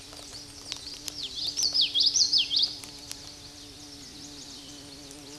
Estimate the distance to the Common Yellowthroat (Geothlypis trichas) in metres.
about 5 m